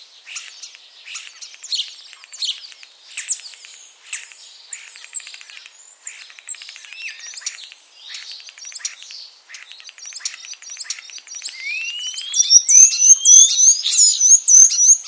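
Common starling song: a stretch of rattling clicks and scratchy notes, then a rising whistle and a fast, loud series of repeated high piping notes at the end.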